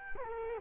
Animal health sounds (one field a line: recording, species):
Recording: mosquito wingbeat signal from an infrared sensor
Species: Culex quinquefasciatus